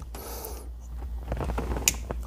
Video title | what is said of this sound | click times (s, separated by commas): How to install an RSNAV (or similar) Android Head Unit on your C7 Audi. | and you hear it click and then once you hit click push that tab down | 1.9 s